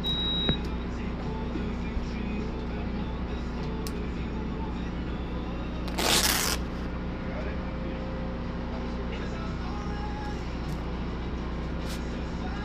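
Inside a mobile blood donation bus, a steady low engine-like hum fills the space while a radio plays faintly with muffled voices. A short beep sounds near the start, and around six seconds a brief hiss or rush of air cuts in.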